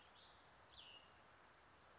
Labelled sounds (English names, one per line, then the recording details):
Cassin's Vireo
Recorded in Sonoma County, California